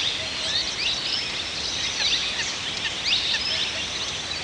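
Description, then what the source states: Birds chirping and twittering in a busy overlapping chorus of short high notes, with a constant soft hiss beneath. Several birds singing in a forest.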